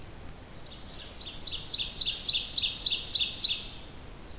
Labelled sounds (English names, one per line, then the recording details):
Ovenbird song
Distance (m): 20 m
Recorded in boreal forest in Alberta, Canada, on 28 June 2016 at 06:31
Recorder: SongMeter 3, array SBT-6-79
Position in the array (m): 20 m, 143 m
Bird 40